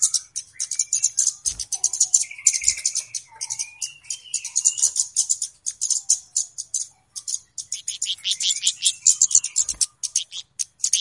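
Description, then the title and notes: Flowerpecker song: dense high-pitched chipping and twittering, with short lower buzzy trills interspersed throughout. Clear song used as a lure for trapping birds; Indonesian names cabe-cabean or kemade. "Kicau Burung Kemade ( Cabe Cabean) Jernih. Suara Burung Cabe Cabean Pikat"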